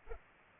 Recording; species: mosquito wingbeat signal from an infrared sensor; Culex pipiens